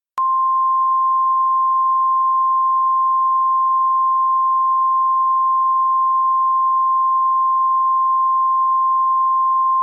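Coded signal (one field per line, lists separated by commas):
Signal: Emergency Alert System (SAME) tones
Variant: 1050 Hz attention tone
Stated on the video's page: Fictional EAS scenario, made for entertainment, of a subway sarin attack.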